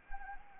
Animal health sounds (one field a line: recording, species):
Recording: mosquito wingbeat signal from an infrared sensor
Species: Anopheles arabiensis